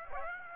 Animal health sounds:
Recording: mosquito wingbeat signal from an infrared sensor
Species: Aedes aegypti

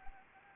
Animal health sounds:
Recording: mosquito wingbeat signal from an infrared sensor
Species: Anopheles arabiensis

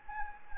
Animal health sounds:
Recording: mosquito wingbeat signal from an infrared sensor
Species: Anopheles gambiae

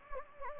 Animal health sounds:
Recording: mosquito wingbeat signal from an infrared sensor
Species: Anopheles gambiae

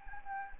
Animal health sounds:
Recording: mosquito wingbeat signal from an infrared sensor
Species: Anopheles gambiae

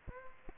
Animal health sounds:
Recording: mosquito wingbeat signal from an infrared sensor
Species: Aedes aegypti

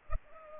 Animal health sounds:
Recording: mosquito wingbeat signal from an infrared sensor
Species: Culex pipiens

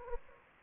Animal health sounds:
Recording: mosquito wingbeat signal from an infrared sensor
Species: Aedes aegypti

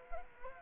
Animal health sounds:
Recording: mosquito wingbeat signal from an infrared sensor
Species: Culex quinquefasciatus

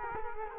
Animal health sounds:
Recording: mosquito wingbeat signal from an infrared sensor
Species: Culex quinquefasciatus

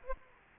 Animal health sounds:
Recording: mosquito wingbeat signal from an infrared sensor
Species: Aedes aegypti

